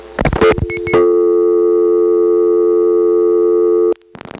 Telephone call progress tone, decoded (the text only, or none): dial tone